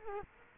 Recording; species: mosquito wingbeat signal from an infrared sensor; Culex quinquefasciatus